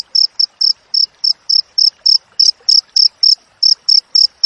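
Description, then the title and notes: Cricket chirps, high and sharp, come a little unevenly, some pulses shorter and gaps uneven, averaging under four per second. Clear natural cricket recording with closely spaced chirps, intended as master audio for training songbirds and for driving away rats. "Masteran Jangkrik Alam Jernih, Jeda Rapat Cocok Untuk Masteran Burung Dan Mengusir Tikus. suara jangkrik"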